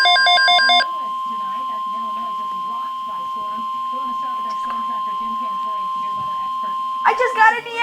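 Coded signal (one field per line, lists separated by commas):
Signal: Emergency Alert System (SAME) tones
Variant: 1050 Hz attention tone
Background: speech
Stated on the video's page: Real alert received on a NOAA Weather Radio.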